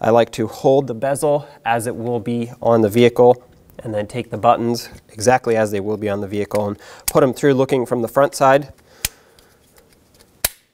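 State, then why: Seated. Plastic power seat adjustment buttons are pushed through a plastic power seat switch bezel for a 2009-2014 Ford F-150 from the front side and pressed on while someone talks. A few faint clicks and handling sounds follow the speech, then the button snaps into the bezel with a sharp click at 10.5 s, seated in place.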